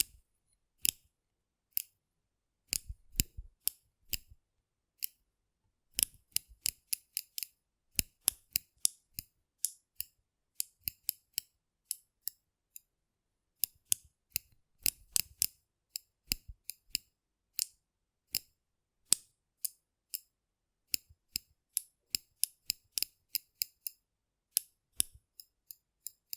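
Rough brain cleaning and picking: sharp, crisp snipping clicks in quick irregular bursts, some doubled or clustered, over silence throughout.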